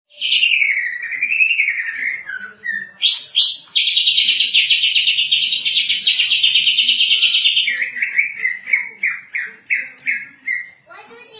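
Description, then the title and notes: Greater green leafbird song: a varied run of clear whistled phrases that rise and fall, then a long buzzy trill, followed by quick repeated chirping notes. Champion bird. "Kicau Burung Cucak Ijo Juara. Suara kicauan burung cucak ijo"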